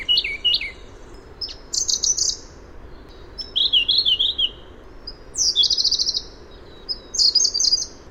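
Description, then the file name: Siberian blue robin singing short bursts. The bursts vary between warbled mid-pitched trills and higher, buzzy, rattling runs, with faint hiss behind. "suara robin biru siberia omkicau"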